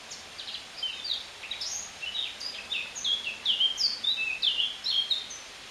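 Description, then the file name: Eurasian blackcap singing a fast, scratchy warble of high chattering notes that grows into clearer, louder whistled phrases toward the end. "Sylvia atricapilla"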